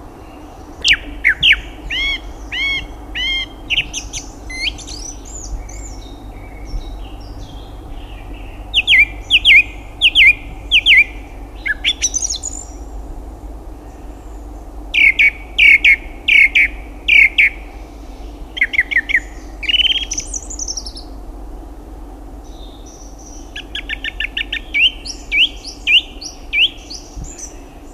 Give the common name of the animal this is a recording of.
Song Thrush